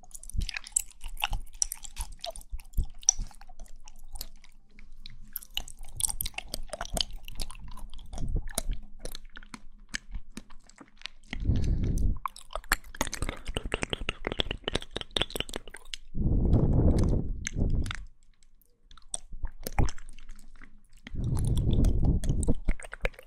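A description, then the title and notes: Mouth sounds with chewing and crunching: many sharp, bright clicks and crackles scattered throughout, in irregular clusters. Several low, thick bursts of several seconds each break in, around 11, 16 and 21 seconds, louder than the quieter wet clicking between them. Mouth Sounds.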